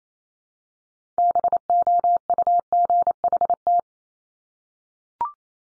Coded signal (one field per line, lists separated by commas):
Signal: Morse code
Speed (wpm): 28 wpm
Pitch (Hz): 700 Hz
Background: none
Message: BOUGHT